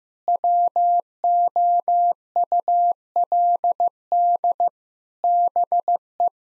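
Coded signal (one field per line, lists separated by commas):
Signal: Morse code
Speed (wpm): 15 wpm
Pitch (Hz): 700 Hz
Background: none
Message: WOULD BE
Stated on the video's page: Morse code practice at 15 wpm sending jokes, using contextual priming.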